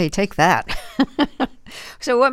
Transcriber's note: laughter